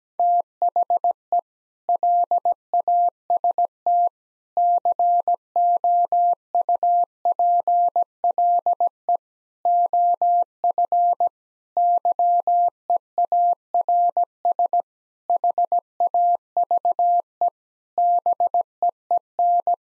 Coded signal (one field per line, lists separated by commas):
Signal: Morse code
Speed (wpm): 17 wpm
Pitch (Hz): 700 Hz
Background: none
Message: THE LAST COUPLE OF YEARS HAVE BEEN